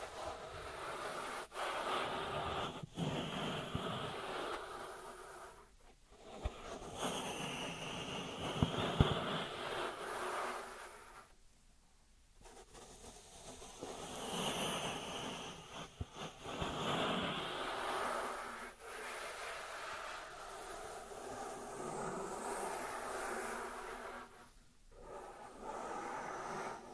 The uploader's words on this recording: ASMR Dry Dry Dry Hand Sounds to Beat Your Tingle Immunity (No Talking).